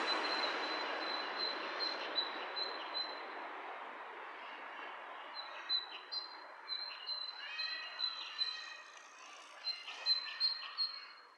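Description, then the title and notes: Birds calling: steady high whistled tones with scattered chirpy notes, heard over a broad rushing hiss that fades as the calls continue. Two birds interacting; lo-fi recording. "bird dialogs. lo-fi recording of two birds interacting"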